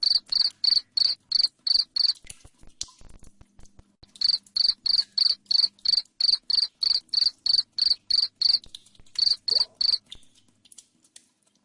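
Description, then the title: Cricket chirping in loud, shrill pulses about three per second: a short run, a pause of about two seconds, a long steady series with a brief gap, then quiet to the end. Loud cricket chirping played to make lovebirds sing continuously. "Suara JANGKRIK NGERIK Keras Bikin LOVEBIRD Jadi NGEKEK Terus Vubey"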